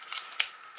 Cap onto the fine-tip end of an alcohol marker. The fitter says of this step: le petit clic comme ça on est sûr qu'ils sont bien fermées